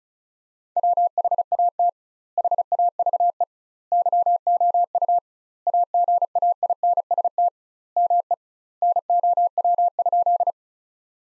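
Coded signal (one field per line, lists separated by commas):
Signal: Morse code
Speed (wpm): 34 wpm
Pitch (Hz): 700 Hz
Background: none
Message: WHAT HAVE YOU AGAINST ME NOW?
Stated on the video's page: Morse practice sentences from the top 400 words at 35 wpm, sent with 2x standard word spacing, a Farnsworth-like method applied to words.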